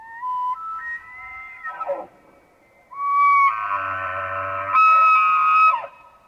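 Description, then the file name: Elk bugling: clear rising whistled tones, then a loud sustained high squealing bugle with harsh low grunting undertones, a second shrill whistle, ending in a falling note. "2002-09 Bugling Elk"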